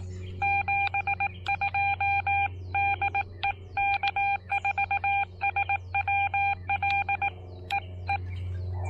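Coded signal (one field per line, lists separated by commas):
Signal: Morse code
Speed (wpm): 18 wpm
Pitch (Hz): 800 Hz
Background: none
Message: 72 DE K4SWL E E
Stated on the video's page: CW Parks on the Air activation with a Xiegu X6100 on 20, 17, 30 and 40 meters, with overloading on 17 meters.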